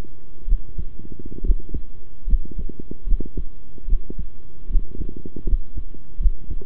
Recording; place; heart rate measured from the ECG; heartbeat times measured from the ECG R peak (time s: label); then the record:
heart sounds by stethoscope; between the tricuspid and mitral areas; 73 bpm
0.47 s: heartbeat
1.43 s: heartbeat
2.26 s: heartbeat
3.06 s: heartbeat
3.87 s: heartbeat
4.69 s: heartbeat
5.46 s: heartbeat
6.19 s: heartbeat
From the record:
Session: rest, sitting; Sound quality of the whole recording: good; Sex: male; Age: 23 years